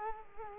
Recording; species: mosquito wingbeat signal from an infrared sensor; Culex quinquefasciatus